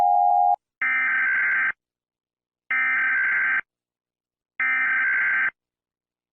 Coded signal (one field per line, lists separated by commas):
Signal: Emergency Alert System (SAME) tones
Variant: header bursts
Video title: EAS alarm that sound the same !￼￼